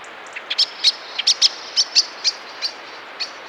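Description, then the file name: Common blackbird calls: thin, high, clipped notes repeated irregularly, about a dozen over a few seconds, against a steady background hiss. "Turdus merula"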